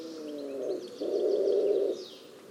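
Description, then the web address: Low bird call with a tonal opening and a rougher, buzzing second half, against soft background twittering of other birds. "cianscape. Deverinetal. Bird Only"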